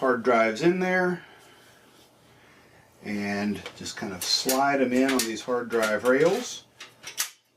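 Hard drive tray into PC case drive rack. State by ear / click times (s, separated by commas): seated / 7.2 s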